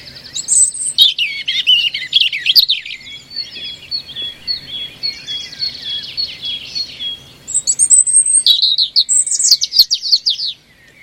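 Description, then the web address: European robin song as a long, tumbling stream of high twittering and whistled notes, rising to brighter sharp phrases near the end before stopping abruptly. "Deverinetal 2025"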